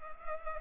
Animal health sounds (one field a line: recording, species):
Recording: mosquito wingbeat signal from an infrared sensor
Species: Culex pipiens